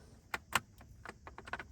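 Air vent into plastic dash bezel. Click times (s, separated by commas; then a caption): 0.3 s, 0.6 s. An air vent is pressed into the plastic dash bezel of a new FBINSE car stereo head unit for a 2016–2022 Toyota Tacoma. It snaps in with two sharp, short clicks at 0.3 and 0.6 seconds, followed by a few fainter ticks, and the vent is seated.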